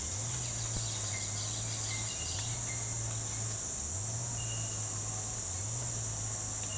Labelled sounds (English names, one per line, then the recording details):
none
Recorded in pastures near Puerto Asís, Putumayo, Colombia, on 20 December 2024 at 07:00
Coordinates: 0.466, -76.322
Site G040